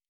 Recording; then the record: hydrophone in a shrimp aquaculture tank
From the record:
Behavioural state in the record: normal